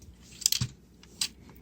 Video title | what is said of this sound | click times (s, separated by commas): Chuck's Reviews Transformers Siege Astrotrain | this little front section you're gonna want to pull this down it's on a slider it will snap into place see | 0.5 s